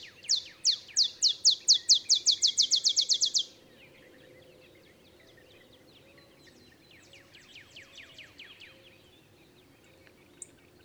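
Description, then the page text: Olive sparrow song: loud downslurred chips accelerating into a rapid trill over about three seconds, then a fainter trill later. Olive sparrow singing in early morning in Texas, 50 miles north of the Mexican border; simple songs reminiscent of a field sparrow's bouncing-ball song. "Olive sparrow. Recording early morning just 50 miles north of the Mexican border in Texas"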